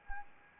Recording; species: mosquito wingbeat signal from an infrared sensor; Anopheles arabiensis